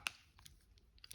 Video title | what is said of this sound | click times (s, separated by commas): How to replace the key fob battery VW ID BUZZ | It's popped on. | 0.1 s